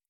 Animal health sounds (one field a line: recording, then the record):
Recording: hydrophone in a shrimp aquaculture tank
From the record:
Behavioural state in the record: normal